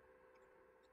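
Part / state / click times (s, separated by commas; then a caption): magnetic cover on a 3D printer toolhead / not seated / none. A magnetic cover over the cutter blade area of a 3D printer's toolhead is being put back in place and pressed, against a steady low hum with a constant tone near 500 Hz and soft broadband noise. No sharp sounds stand out, and nothing has seated or clicked yet when the clip ends.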